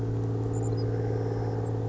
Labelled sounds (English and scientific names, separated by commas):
Savannah Sparrow (Passerculus sandwichensis)